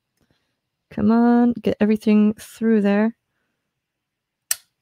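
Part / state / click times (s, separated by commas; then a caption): component with snap-in clamp legs into a printed circuit board / seated / 4.5 s. A kit component with small clamping legs is pushed through the holes of a printed circuit board while someone talks. A single sharp, loud snap is heard at 4.5 s as the component clicks into place, seated in the board.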